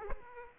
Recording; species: mosquito wingbeat signal from an infrared sensor; Aedes aegypti